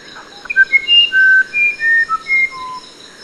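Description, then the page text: Musician wren singing a run of pure, flute-like whistles, each note held briefly at a different pitch, with faint steady high tones behind. "Musician Wren From British Library - wildlife sounds"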